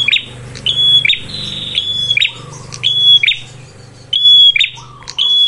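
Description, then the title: Prinia buzzy rasping calls with a thin high whistle in spaced bursts, over a steady low hum. Lure (pancingan) for attracting and training birds (pikat, masteran); red-headed prenjak described as gacor, a vigorous caller. "Masteran Duet Cililin Vs Kapas Tembak. Pancingan Prenjak Kepala Merah Gacor [ Sangat Cocok banget Untuk Pikat dan Masteran ]"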